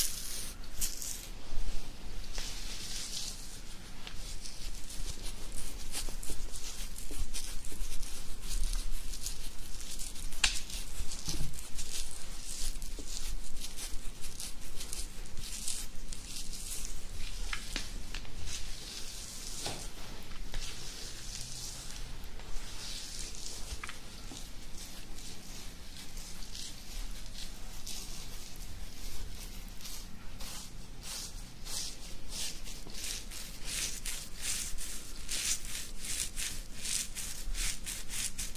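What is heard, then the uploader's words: Beard scratching makes a steady, dense rasping that runs the full length, bright and hissy with fine crackling bristle strokes. Stroke bursts come in quick irregular runs, a little louder in the first few seconds. A soft low rumble sits underneath throughout. ASMR INSANE BEARD SCRATCHING.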